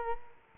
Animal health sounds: mosquito wingbeat signal from an infrared sensor; Culex quinquefasciatus

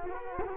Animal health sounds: mosquito wingbeat signal from an infrared sensor; Culex quinquefasciatus

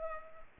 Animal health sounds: mosquito wingbeat signal from an infrared sensor; Culex pipiens

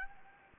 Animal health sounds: mosquito wingbeat signal from an infrared sensor; Anopheles gambiae

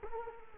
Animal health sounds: mosquito wingbeat signal from an infrared sensor; Culex quinquefasciatus

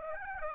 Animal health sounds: mosquito wingbeat signal from an infrared sensor; Aedes aegypti

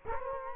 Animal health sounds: mosquito wingbeat signal from an infrared sensor; Culex quinquefasciatus

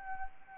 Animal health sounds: mosquito wingbeat signal from an infrared sensor; Anopheles arabiensis

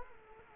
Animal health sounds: mosquito wingbeat signal from an infrared sensor; Culex quinquefasciatus

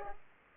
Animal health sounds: mosquito wingbeat signal from an infrared sensor; Culex pipiens

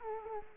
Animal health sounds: mosquito wingbeat signal from an infrared sensor; Culex quinquefasciatus

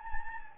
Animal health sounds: mosquito wingbeat signal from an infrared sensor; Anopheles gambiae

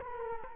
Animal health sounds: mosquito wingbeat signal from an infrared sensor; Culex quinquefasciatus

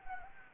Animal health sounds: mosquito wingbeat signal from an infrared sensor; Anopheles gambiae

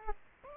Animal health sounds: mosquito wingbeat signal from an infrared sensor; Aedes aegypti

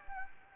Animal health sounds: mosquito wingbeat signal from an infrared sensor; Anopheles gambiae

